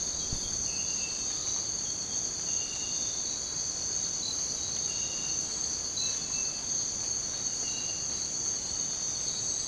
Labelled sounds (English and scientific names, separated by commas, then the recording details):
none
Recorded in dense forest near Puerto Asís, Putumayo, Colombia, on 21 December 2024 at 05:30
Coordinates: 0.466, -76.327
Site G075